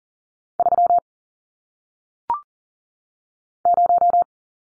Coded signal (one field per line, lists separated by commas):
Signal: Morse code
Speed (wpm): 40 wpm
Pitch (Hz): 700 Hz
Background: none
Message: 3 0